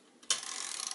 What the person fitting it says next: snaps into place now it's free